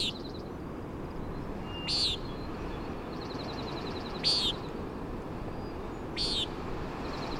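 Common nighthawk repeating a nasal, buzzy peent about every two seconds, three times, with a fast rattling trill from another bird and a wash of wind.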